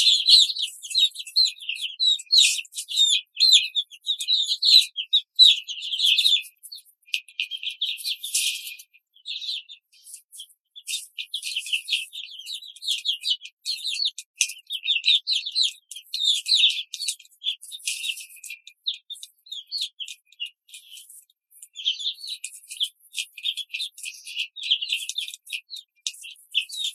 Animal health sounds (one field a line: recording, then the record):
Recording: young laying hens in a cage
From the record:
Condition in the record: control cage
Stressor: none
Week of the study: 5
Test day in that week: 1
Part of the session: 2